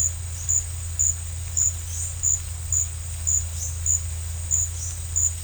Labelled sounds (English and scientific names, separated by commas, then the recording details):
none
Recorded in secondary vegetation near Puerto Asís, Putumayo, Colombia, on 20 December 2024 at 15:00
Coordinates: 0.499, -76.323
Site G010